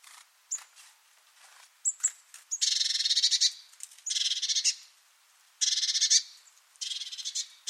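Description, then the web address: Bird calls in harsh, buzzy bursts high in pitch, each lasting about half a second to a second, with short gaps and a few thin ticks in between. "cianscape. Deverinetal 2025. Bird Only"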